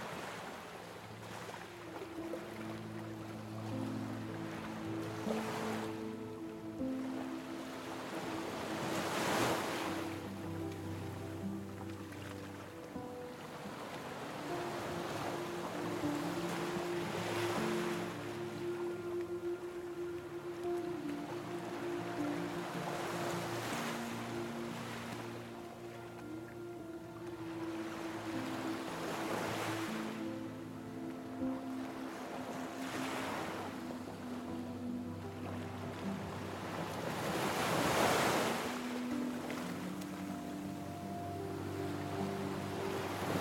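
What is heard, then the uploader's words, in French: Sea waves wash in at fairly regular intervals, roughly every four seconds, each swelling into a bright hiss and then receding. Underneath, calm music holds long sustained low and middle tones that shift slowly, keeping a soft, even bed beneath the surf. Le son relaxant des vagues de la mer se mêle harmonieusement à une musique calme. Son des VAGUES de la Mer et une MUSIQUE Calme.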